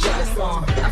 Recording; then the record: coughing mixed with background sound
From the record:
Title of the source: female coughing - coughing sound effects girl